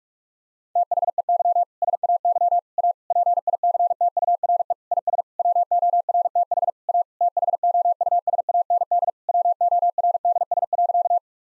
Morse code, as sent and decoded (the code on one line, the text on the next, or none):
- .... . -.-- / ... .- -.-- / .- / .--. .. -.-. - ..- .-. . / .. ... / .-- --- .-. - .... / .- / - .... --- ..- ... .- -. -.. / .-- --- .-. -.. ... .-.-.-
THEY SAY A PICTURE IS WORTH A THOUSAND WORDS.